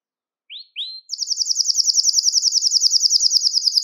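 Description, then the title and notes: Belgian canary song: two rising whistled notes, then a long, fast, even trill of rapid high pulses. "Canario Belga, nyonyastudio"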